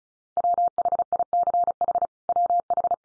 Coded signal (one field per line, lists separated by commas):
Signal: Morse code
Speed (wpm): 34 wpm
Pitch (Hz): 700 Hz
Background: none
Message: WHICH WH